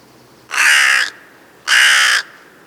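Crow producing two loud, drawn-out harsh caws, each about half a second long.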